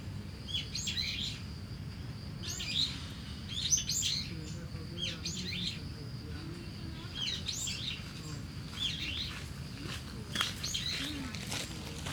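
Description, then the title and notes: Starling song, bursts of harsh chirps and squeaky notes every second or two, over a steady high cricket trill and low traffic rumble. Singing in a tree in Kiyosumi garden, Tokyo, Japan, with crickets and cars; recorded binaurally with DPA 4060 microphones into a Deity PR-2. "Kiyosumi garden, Tokyo, Japon - Starling in a tree. Starling singing in a tree, crickets, cars, helicopter, people passing by"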